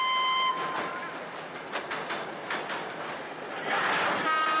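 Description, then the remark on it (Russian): A train rolls past on the rails near a station with a steady rumbling roar and rhythmic clacking of wheels, while a sustained, tonal horn sounds at the start and again at the end. “Идет по путям в сторону вокзала.”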